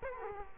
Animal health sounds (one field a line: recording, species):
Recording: mosquito wingbeat signal from an infrared sensor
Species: Culex quinquefasciatus